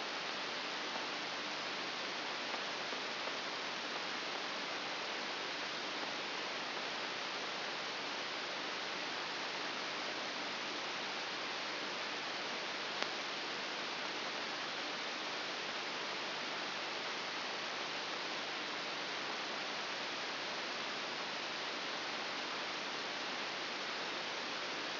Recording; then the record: brain microelectrode recording played as sound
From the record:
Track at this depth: outside the subthalamic nucleus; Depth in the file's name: 7.001 mm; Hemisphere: right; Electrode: 3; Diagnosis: Parkinson's disease